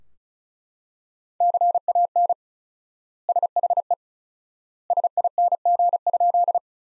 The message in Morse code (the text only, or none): CAN SHE SING?